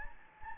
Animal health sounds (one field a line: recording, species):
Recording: mosquito wingbeat signal from an infrared sensor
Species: Anopheles gambiae